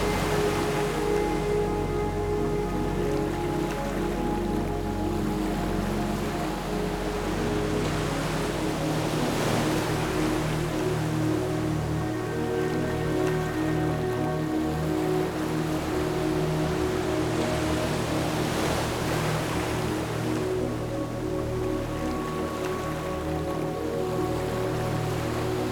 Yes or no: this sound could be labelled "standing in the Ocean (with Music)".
yes